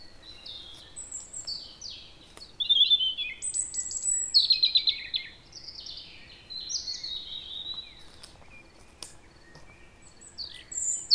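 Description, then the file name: European robin song: a run of varied high, thin twittering phrases with sliding whistles and quick trills, some louder bursts midway, steady faint background hiss. "Erithacus rubecula"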